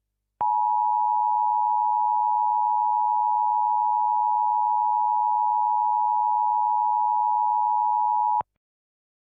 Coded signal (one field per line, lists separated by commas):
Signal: Emergency Alert System (SAME) tones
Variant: 853 and 960 Hz attention tone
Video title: EAS Scenario: The EPA Dome (MY LAST VIDEO IN JULY)